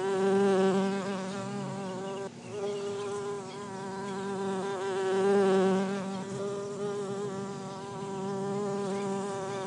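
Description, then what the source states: Bumblebees buzzing in a continuous low hum, a brief break just after two seconds, then overlapping tones swelling and fading. Bumblebee hive.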